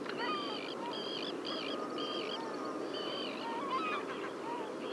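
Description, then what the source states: Caspian gull calls, a quick series of short, high, harmonic whistled notes in bursts, then softer drawn-out notes, over steady background hiss. Juvenile bird, recorded at Seelhaus See.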